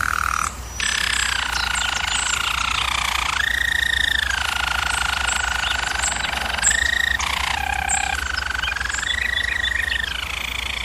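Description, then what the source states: German Roller canary song: sustained rolling phrases stepping between lower and higher pitches, with a brief pause near the start. German Roller canary singing, for canary training.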